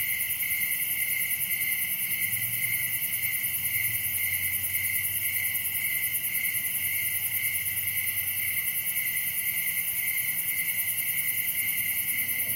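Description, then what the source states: Continuous cricket chirping, a bright pulsing chorus at high pitch. Recorded at night in summer in a wooded area, Dell Creek State Wildlife Area; crickets are the main sound.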